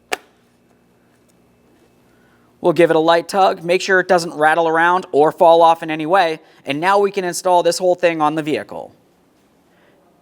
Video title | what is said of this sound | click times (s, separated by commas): How to Replace Front Grille 2010-2013 Kia Forte Koup | we'll align those with the ports on the grill and press this in listen for a click and make sure it's secured | 0.1 s